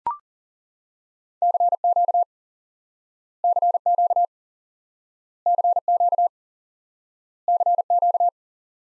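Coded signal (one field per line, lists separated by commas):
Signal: Morse code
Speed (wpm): 40 wpm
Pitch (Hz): 700 Hz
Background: none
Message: CQ CQ CQ CQ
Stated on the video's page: Morse lesson teaching the common QSO element CQ by instant word recognition.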